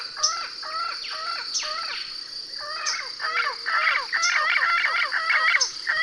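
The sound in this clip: Bird calls, harsh and buzzy, come in rapid overlapping bursts that grow busier toward the end, with a constant high insect drone and periodic clicks behind.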